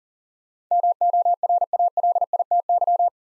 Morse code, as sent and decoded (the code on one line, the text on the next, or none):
-- --- .-. .- .-.. .. - -.--
MORALITY